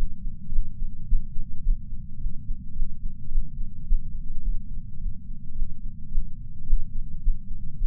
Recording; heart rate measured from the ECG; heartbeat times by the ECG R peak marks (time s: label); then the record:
heart sounds by patch sensor on the chest; 107 bpm
0.50 s: heartbeat
1.06 s: heartbeat
1.62 s: heartbeat
2.18 s: heartbeat
2.74 s: heartbeat
3.29 s: heartbeat
3.85 s: heartbeat
4.42 s: heartbeat
4.98 s: heartbeat
5.54 s: heartbeat
6.10 s: heartbeat
6.65 s: heartbeat
7.21 s: heartbeat
7.78 s: heartbeat
From the record:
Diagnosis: coronary artery disease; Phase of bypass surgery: postoperative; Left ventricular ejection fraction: 54.7%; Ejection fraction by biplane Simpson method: 51.3%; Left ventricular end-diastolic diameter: 46 mm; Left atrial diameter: 45 mm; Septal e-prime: 5.3 cm/s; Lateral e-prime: 7.1 cm/s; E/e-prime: 10.6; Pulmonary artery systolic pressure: 26 mmHg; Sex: male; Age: 58 years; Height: 182 cm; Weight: 89 kg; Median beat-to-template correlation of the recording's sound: 0.72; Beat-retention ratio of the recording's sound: 0.99